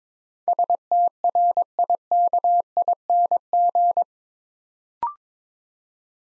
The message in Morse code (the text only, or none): STRIKING